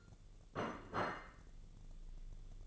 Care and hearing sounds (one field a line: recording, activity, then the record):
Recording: daily activity, microphone in the room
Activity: place plate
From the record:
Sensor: 4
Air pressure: 1001.0 hPa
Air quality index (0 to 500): 143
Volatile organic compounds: 2 ppm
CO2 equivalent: 1059 ppm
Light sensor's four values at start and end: 26/62/25/27 and 26/62/26/27